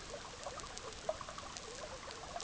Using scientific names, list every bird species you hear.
none